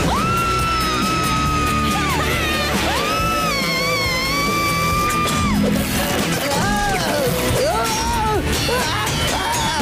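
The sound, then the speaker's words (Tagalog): A series of long, shrill screams like a woman's, each held for a second or more with a wavering pitch, rising loudly over a dense, noisy background clatter. “agad at sumigaw na parang babae?”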